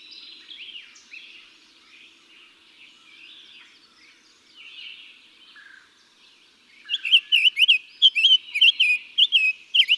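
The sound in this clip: Summer tanager song: several seconds of faint, mixed bird chatter, then loud, quick, slurred whistled phrases in a run near the end.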